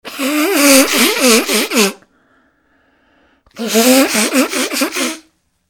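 An adult sneezing: two loud voiced bursts about two seconds long, separated by a pause of over a second. Each burst holds several quick, rising-and-falling nasal 'choo'-like pulses with strong hissing noise, fitting a fit of repeated sneezing.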